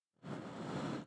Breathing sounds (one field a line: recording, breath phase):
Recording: one breath near a microphone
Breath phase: exhalation